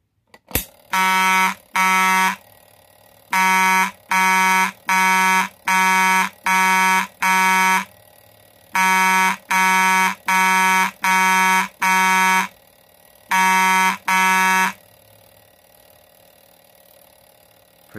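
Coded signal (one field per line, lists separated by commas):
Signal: coded fire alarm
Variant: Couch code wheel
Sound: buzzing horn bursts grouped 2, 6, 5, 2 with pauses between groups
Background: indoor room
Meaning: Code 2652 identifies the building zone where the alarm was pulled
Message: 2-6-5-2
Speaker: this one's particular code is 2652 that's its code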